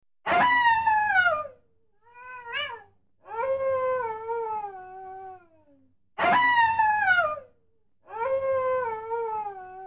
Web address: койот